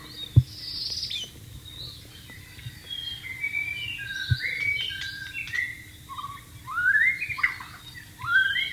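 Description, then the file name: White-rumped shama singing varied whistled phrases, building to loud, sweeping rising whistles in the second half. Wild bird recorded in the wild. "suara burung murai batu di alam liar"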